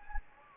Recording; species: mosquito wingbeat signal from an infrared sensor; Anopheles gambiae